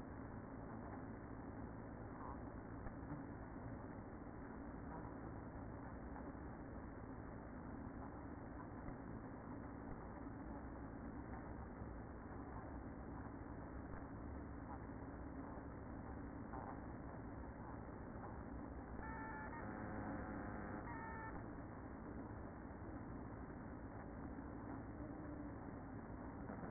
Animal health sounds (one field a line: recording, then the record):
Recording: honeybee colony, microphone inside the hive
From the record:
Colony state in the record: queen present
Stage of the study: after two queens were removed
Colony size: about 60,000 bees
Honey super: yes